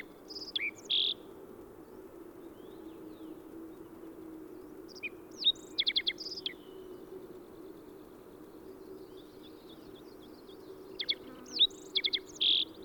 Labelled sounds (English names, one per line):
Black-faced Bunting song